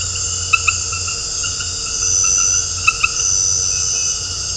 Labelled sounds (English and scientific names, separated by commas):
none